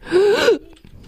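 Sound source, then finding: Child imitating. Whooping cough (pertussis) whoop, imitated.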